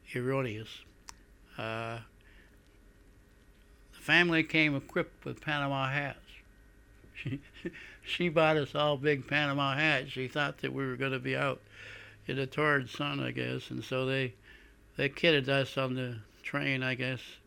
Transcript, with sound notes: erroneous. Family came equipped with Panama hats. She, (laughs) she bought us all big Panama hats. She thought that we were going to be out in the torrid sun, I guess, and so they, they kidded us on the train, I guess.